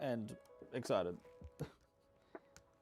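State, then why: Seated. Someone talks while fitting the plastic LEGO Technic rear wing assembly onto the back of a LEGO Technic F1 McLaren (42228) car model. Two short, sharp plastic clicks follow at 2.4 s and 2.6 s as the wing clicks into place and is seated.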